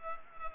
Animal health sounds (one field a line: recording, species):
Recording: mosquito wingbeat signal from an infrared sensor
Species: Culex pipiens